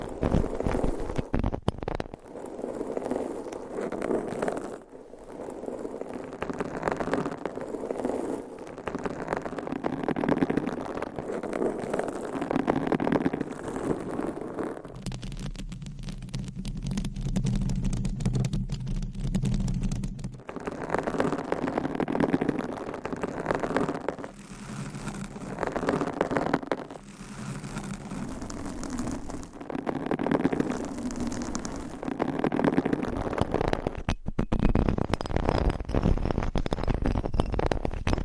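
Scratching on microphones with nails and covers, a dense continuous rasping that shifts texture every few seconds as each mic changes. From about 15 to 20 seconds a low steady hum sits under the scratching, and a few brief sharp breaks cut through near 2, 5 and 34 seconds.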